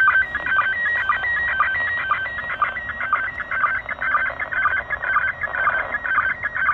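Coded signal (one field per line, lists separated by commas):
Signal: SSTV (slow-scan television)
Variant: PD120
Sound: warbling tones stepping between pitches, with a low blip about twice a second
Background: room echo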